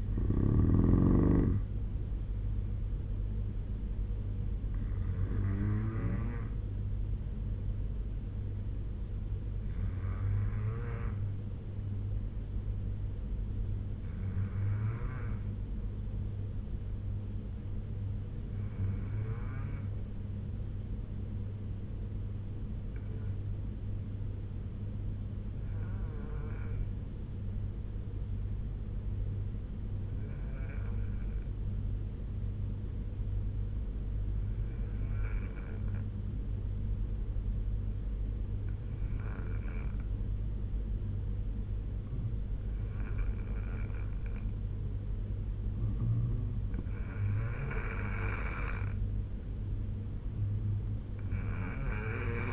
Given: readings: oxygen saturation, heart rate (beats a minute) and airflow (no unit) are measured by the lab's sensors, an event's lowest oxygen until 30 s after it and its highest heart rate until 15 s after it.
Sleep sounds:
breathing in sleep by a smartphone at the bedside; 1
12.00-42.00 s: new sleep stage, N3 (deep sleep)
16.00-42.50 s: obstructive apnea (N3, oxygen 96% highest, then 85% lowest, heart rate 74 at the start, 75 highest)
42.00-52.53 s: new sleep stage, N2 (light sleep)
From the record:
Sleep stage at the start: N2 (light sleep); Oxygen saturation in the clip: 81 to 96%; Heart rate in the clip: 69 to 75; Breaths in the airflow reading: 5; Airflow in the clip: -3.6 to 2.0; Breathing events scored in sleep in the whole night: 201 in 6.5 hours asleep

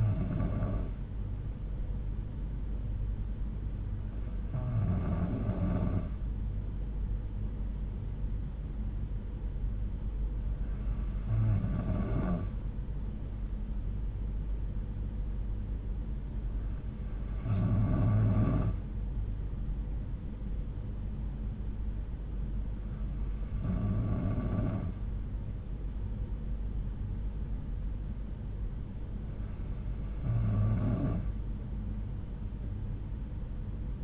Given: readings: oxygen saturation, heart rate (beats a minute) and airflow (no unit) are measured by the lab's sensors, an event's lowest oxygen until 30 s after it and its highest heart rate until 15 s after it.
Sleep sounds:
breathing in sleep by a smartphone at the bedside; none
none scored
From the record:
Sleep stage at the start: N2 (light sleep); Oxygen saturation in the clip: 92%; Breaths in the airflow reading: 6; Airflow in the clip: -5.5 to 3.0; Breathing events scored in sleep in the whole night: 368 in 8.0 hours asleep

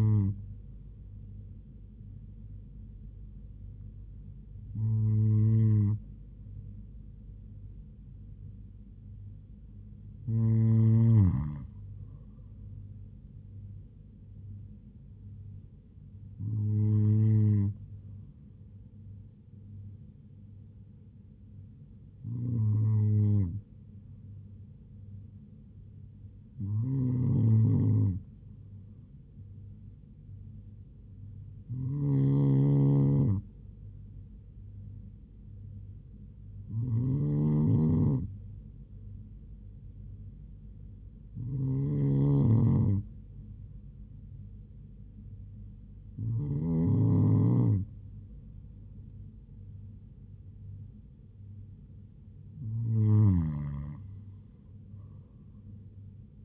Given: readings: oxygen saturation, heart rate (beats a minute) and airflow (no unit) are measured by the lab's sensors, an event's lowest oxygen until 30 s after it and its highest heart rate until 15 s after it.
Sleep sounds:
breathing in sleep by a smartphone at the bedside; none
none scored
From the record:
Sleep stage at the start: N2 (light sleep); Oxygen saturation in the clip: 96 to 97%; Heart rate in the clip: 70 to 78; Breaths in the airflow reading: 12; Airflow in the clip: -3.9 to 4.2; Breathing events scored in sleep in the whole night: 158 in 7.3 hours asleep

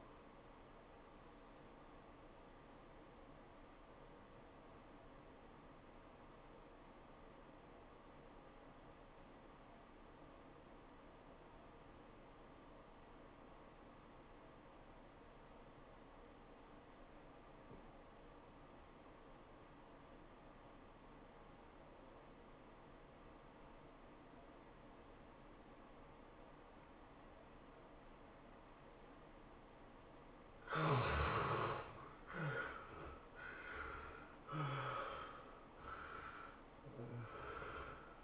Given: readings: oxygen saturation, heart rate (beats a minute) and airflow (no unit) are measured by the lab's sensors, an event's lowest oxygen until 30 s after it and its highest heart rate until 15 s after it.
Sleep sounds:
breathing in sleep by a voice recorder at the bedside; 1
1.00-31.00 s: new sleep stage, N2 (light sleep)
3.00-30.90 s: obstructive apnea (N2, oxygen 95% highest, then 69% lowest, heart rate 91 at the start, 107 highest)
31.00-38.24 s: new sleep stage, N1 (lightest sleep)
From the record:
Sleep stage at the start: N1 (lightest sleep); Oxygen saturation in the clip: 68 to 95%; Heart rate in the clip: 81 to 106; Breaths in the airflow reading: 4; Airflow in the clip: -19.1 to 14.1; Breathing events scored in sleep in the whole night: 403 in 5.5 hours asleep

